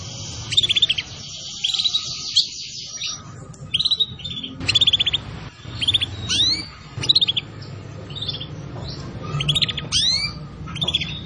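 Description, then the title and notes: Canary song: bursts of fast high trills alternating with sweeping whistled notes, over low background noise. Song used as a lure to attract birds. "Pikat Burung Baru. kenari"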